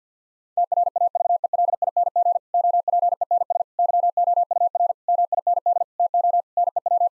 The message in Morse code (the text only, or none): TRAVELING OPENS YOUR MIND TO NEW